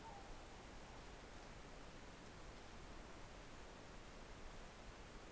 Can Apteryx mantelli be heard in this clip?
no